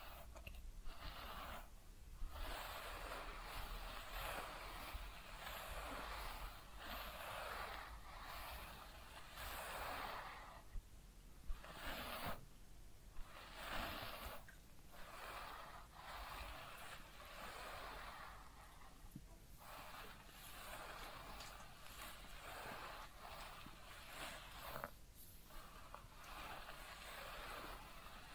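Head massage and ear cleaning sounds: a dense, continuous rubbing and scratching hiss that swells and fades in uneven strokes. Short breaks and quieter dips come every few seconds, near 2, 11, 13 and 25 seconds. Occasional small clicks and soft breaths sit underneath.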